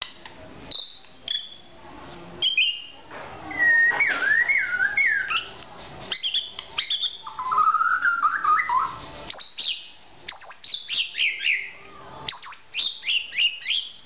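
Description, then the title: Oriental magpie-robin delivering a varied whistled song: wavy loud phrases, a lower trilling warble, then a series of quick high chirps and sharp notes. "kacer"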